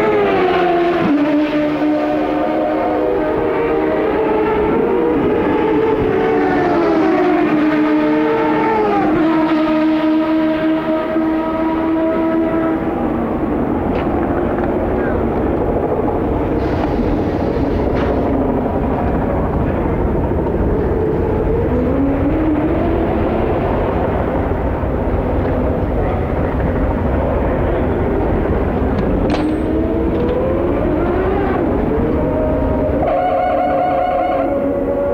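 IndyCar racing cars scream past trackside, their engine notes climbing and falling in pitch as they accelerate and brake through the circuit. A dense, continuous roar with overlapping cars, several sweeping passes around 0–12 seconds and again near 20–34 seconds.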